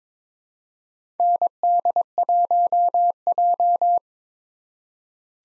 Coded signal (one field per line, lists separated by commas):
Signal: Morse code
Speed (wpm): 22 wpm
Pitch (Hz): 700 Hz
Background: none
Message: ND1J